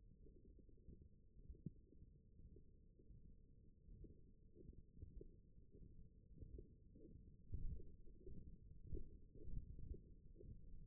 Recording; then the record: forearm muscle sounds (acoustic myography)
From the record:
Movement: hook grip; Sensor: system 1, eight BSWA MPA416 microphones around the upper forearm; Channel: 5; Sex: male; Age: 21 years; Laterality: right